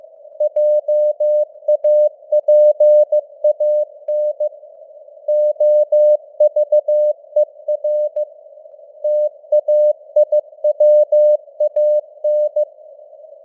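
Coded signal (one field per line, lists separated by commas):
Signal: Morse code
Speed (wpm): 15 wpm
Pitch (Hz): 600 Hz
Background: none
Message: JAPAN OVER TAIWAN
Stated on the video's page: Computer-generated news headlines in Morse at 15 wpm, with simulated radio noise and varying signal strength (QSB).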